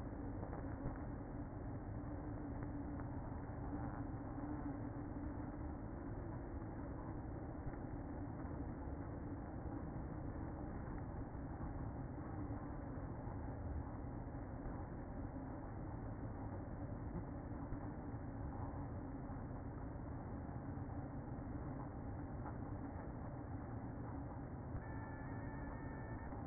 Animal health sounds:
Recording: honeybee colony, microphone inside the hive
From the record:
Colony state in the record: queen present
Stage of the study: after two queens were removed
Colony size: about 60,000 bees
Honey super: yes

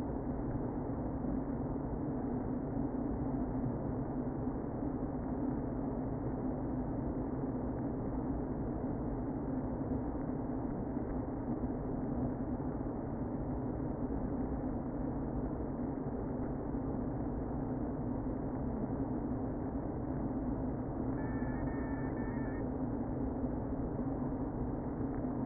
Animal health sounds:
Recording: honeybee colony, microphone inside the hive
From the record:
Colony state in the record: queen present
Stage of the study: before two queens were removed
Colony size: about 60,000 bees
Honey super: yes

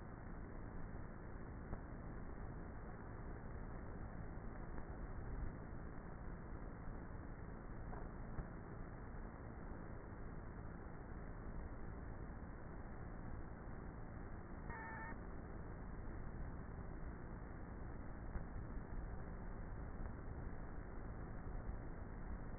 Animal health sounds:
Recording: honeybee colony, microphone inside the hive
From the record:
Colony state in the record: queenless with a low population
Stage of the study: before two queens were removed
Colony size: about 30,000 bees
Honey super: no

